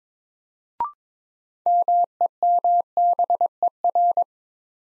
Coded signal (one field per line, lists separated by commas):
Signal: Morse code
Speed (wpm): 22 wpm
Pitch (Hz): 700 Hz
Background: none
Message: MEMBER